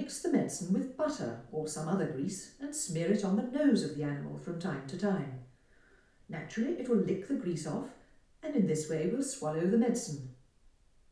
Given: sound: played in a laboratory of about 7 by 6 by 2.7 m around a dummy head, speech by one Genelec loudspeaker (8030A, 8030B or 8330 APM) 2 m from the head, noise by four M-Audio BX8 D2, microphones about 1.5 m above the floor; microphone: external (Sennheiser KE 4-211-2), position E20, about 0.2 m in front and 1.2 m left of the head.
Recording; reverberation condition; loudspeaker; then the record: female speech in English; medium; behind (180 degrees)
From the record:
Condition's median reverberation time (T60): about 510 ms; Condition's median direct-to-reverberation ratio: about -0.5 dB